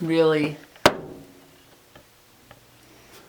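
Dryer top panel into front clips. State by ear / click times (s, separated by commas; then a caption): seated / 0.9 s. Someone talks as the metal top panel of a Samsung dryer is pushed forward into its front clips, and it lands with one loud, sharp snap at 0.9 s. A few faint taps follow around 2.0 s and 2.5 s. The panel is seated in its clips and feels secure.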